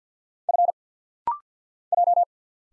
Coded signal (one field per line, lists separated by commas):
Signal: Morse code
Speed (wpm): 50 wpm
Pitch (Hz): 700 Hz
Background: none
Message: F J